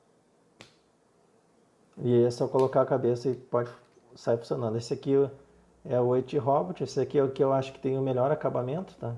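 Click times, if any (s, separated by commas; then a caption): 0.6 s. A plastic part of a toy robot, lined up with a pen mark, is twisted into its bayonet-style mount on the robot body and locks in place with a single sharp click at 0.6 s. After a short quiet pause, someone talks from about 2 s to the end.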